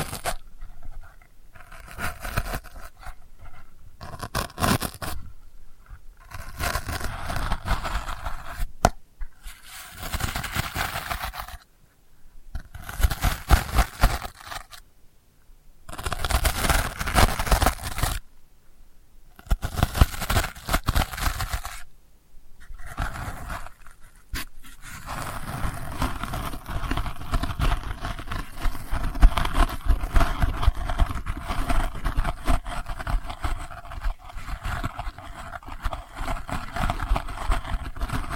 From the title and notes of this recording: ASMR Delicate Scratching for Sleep (No Talking).